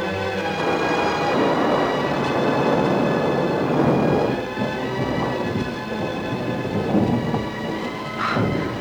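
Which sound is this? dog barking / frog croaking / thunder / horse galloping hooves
thunder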